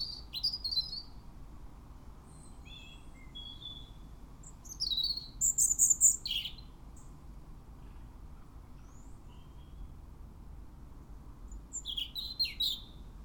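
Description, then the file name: European robin delivering three bursts of high, twittering, thin notes spaced several seconds apart, with a faint low hum throughout. "Erithacus rubecula"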